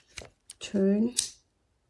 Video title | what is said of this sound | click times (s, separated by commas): Review Uolor 108 Pcs Engraving Tool Kit, Multi-Functional Electric Corded Micro Engraver Etching Pen | and click and it's secure. | 0.5 s